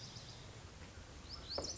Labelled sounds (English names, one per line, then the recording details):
Lazuli Bunting
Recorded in Sonoma County, California